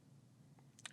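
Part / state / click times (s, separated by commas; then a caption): replaceable blade in folding knife handle / released / 0.9 s. A replaceable blade is released from a folding knife handle with interchangeable blades by pressing the release button. A low background hum with a faint tick near 0.6 s leads into a sharp bright click at 0.9 s, and the blade comes out.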